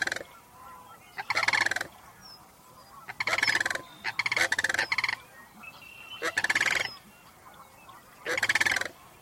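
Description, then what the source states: Sandhill cranes giving rattling, trumpeting bugles in repeated bursts separated by short pauses. Cranes returning in fall to their winter home in the Sacramento region, calling at sunset over Mount Diablo while coming home to roost.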